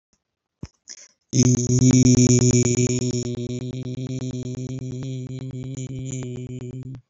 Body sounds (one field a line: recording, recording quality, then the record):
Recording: sustained vowel as in beet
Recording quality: moderate, slight background noise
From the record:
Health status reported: healthy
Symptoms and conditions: none ticked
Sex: male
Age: 31 years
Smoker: not ticked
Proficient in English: yes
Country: India